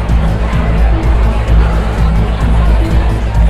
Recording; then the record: background sound without coughing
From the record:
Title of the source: Party Noise 1 Hour Party Ambience